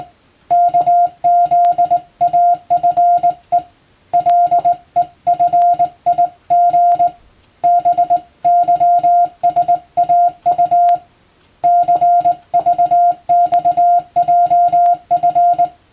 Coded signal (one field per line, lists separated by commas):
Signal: Morse code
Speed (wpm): 20 wpm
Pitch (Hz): 700 Hz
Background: none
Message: KZAFE LEFIG BYSAU CVXJF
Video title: 【Radio operator morse practice】This is a practice scene for the practical exam for radio operators.